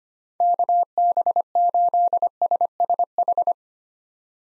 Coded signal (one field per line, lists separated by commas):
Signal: Morse code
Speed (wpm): 25 wpm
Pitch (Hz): 700 Hz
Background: none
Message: KB8SSH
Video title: 2023 POTA Hunter Call Signs - 25wpm